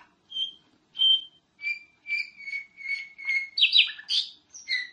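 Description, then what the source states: Nightingale song: two clear whistled notes, a series of steady repeated tones, then a burst of harsh, varied buzzy notes with falling whistles. Masteran recording, used to teach captive songbirds to sing.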